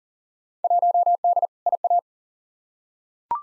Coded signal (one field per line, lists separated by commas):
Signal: Morse code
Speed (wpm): 40 wpm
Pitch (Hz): 700 Hz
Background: none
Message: 1D IA